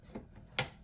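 An embroidery hoop is pushed onto the embroidery arm of a Singer Legacy SE300 embroidery and sewing machine. There is a soft rubbing contact at about 0.2 s, then a sharp, loud snap at 0.6 s as the hoop seats and locks in place.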